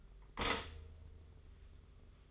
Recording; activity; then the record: daily activity, microphone in the room; stop toaster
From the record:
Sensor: 4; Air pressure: 991.5 hPa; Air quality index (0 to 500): 136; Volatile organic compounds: 53 ppm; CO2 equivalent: 3332 ppm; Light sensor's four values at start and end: 18/57/22/22 and 18/58/22/22